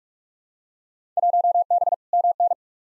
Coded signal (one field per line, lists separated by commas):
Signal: Morse code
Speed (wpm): 46 wpm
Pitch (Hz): 700 Hz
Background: none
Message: 1B MN